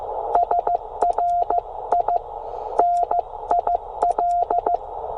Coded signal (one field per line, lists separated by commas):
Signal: Morse code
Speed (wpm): 14 wpm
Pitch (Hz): 700 Hz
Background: radio noise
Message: SRI NIL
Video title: Even in the worst conditions, 5 watts and CW can pull at least 10 for a POTA activation.